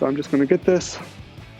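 While installing a Roush cold air intake on a 2019–2023 Ford Ranger, someone talks as the PCV tube's quick-connect fitting is brought to its port on the intake tube. After the talking, only faint low handling noise remains. Nothing has seated or clicked yet.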